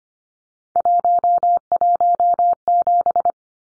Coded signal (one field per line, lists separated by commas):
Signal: Morse code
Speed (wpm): 25 wpm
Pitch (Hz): 700 Hz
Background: none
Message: 117